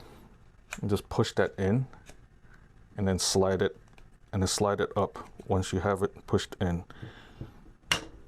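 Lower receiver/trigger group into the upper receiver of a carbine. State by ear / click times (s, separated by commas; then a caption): seated / 7.9 s. During reassembly of a Springfield Armory Kuna pistol-caliber carbine, the lower receiver/trigger group is matched to the shaped parts, pushed into the upper receiver, and slid up while someone talks. A single sharp, loud hit at 7.9 s marks the lower receiver locking into place, seated.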